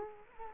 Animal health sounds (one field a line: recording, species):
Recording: mosquito wingbeat signal from an infrared sensor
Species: Culex quinquefasciatus